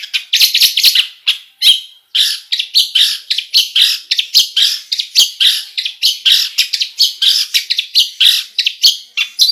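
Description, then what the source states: Long-tailed shrike singing a continuous rapid medley of harsh chirps, squeaks and whistled notes with hardly a pause. Full song with imitations, described as gacor.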